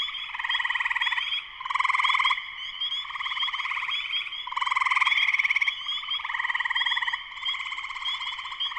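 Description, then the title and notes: Spring peeper chorus with many callers at once; rough pulsed trills overlap and surge in loudness beneath a thin, continuous high peeping. Full chorus of many spring peepers, shortly after sunset, Sleeping Bear Dunes National Lakeshore, northern Michigan, USA. "Spring peepers (chorus frogs) in concert. Spring peepers (chorus frogs) in full chorus shortly after sunset in the Sleeping Bear Dunes National Lakeshore in northern Michigan, USA. Recorded by Darrin Wassom. Music for Sleep"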